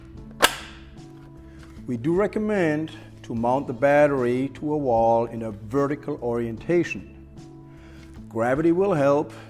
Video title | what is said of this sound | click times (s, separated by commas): Akrus SC-5010-SEK Mobile Surgical Chair | up the battery on the rails and wait for the audible click | 0.4 s